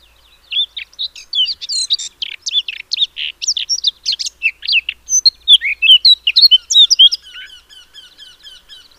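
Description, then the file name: Eurasian blackcap song, a varied, rapid chattering warble of high scratchy and whistled notes lasting about seven seconds, turning to clearer, lower fluty phrases near the end. "Sylvia atricapilla"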